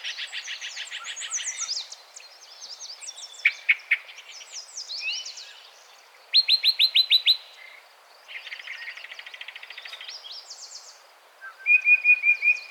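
Yellow-breasted chat song of varied phrases: fast buzzy rattles, a burst of evenly spaced loud notes, a chattering trill and a closing run of sharp repeated notes.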